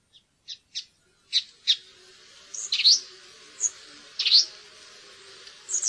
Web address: fuglelyder tornskate